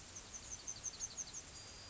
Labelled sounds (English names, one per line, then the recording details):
Yellowhammer song
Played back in grassland
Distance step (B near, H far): F
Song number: 009